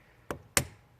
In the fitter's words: You can hear it click in.